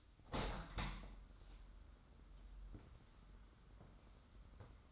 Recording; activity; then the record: daily activity, microphone in the room; open window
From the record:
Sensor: 3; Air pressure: 994.4 hPa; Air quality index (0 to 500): 206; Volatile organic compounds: 1000 ppm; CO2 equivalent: 6882 ppm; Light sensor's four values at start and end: 91/216/86/79 and 107/248/102/94